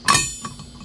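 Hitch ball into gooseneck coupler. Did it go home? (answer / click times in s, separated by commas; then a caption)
yes / 0.1 s. With the latch twisted back, a steel hitch ball is pushed into a gooseneck coupler and snaps in with a sharp metallic clank at 0.1 s, followed by a bright ringing tail and a faint, softer tick near 0.5 s. The ball locks in place smoothly, without much pressure.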